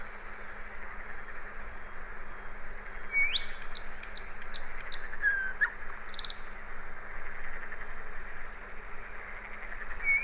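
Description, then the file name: Common nightingale giving a short series of repeated high chattering notes and a few rising whistles amid long quiet gaps, with a low steady hum. "Luscinia megarhynchos"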